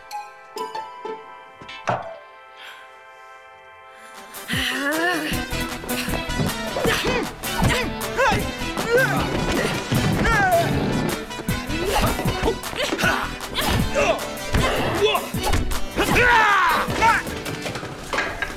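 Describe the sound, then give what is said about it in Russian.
After a few seconds of soft, sustained tones, a man slams a chair into a woman with a loud crash, knocking her unconscious, followed by a long stretch of chaotic banging, thuds and clattering impacts. “Один из них бьет ее стулом, и она теряет сознание.”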